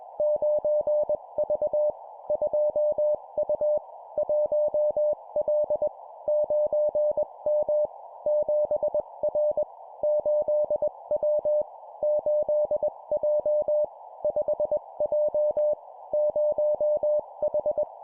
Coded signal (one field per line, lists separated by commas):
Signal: Morse code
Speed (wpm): 20 wpm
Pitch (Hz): 600 Hz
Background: none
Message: 9V 2U 1L 9M 7R 8W 8J 5J 0H